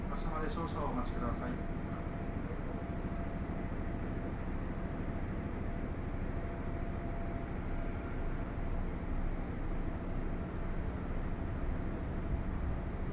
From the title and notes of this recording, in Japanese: 耳で楽しむ鉄道旅 南武線・南武支線・鶴見線。